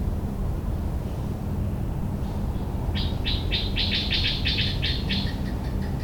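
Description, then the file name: Bird giving a quick run of sharp, high chirps over loud continuous traffic rumble. Recorded at a house in Bangkok on 26 October 2014. "20141026 Bangkok House Traffic Thunder Bird 01"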